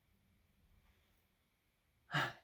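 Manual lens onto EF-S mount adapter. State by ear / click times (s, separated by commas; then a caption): not seated / none. A manual-aperture 50 mm lens is fitted onto an EF-S mount adapter, and it simply goes on without seating or clicking. A faint low rumble is followed near 2.1 s by a loud, breathy, sigh-like burst lasting about a third of a second, then a short sharp onset at 2.5 s as the clip ends.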